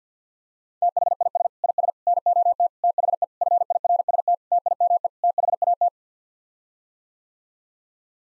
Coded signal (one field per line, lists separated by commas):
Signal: Morse code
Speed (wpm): 50 wpm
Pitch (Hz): 700 Hz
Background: none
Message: THIS IS NOT THE FIRST TIME THAT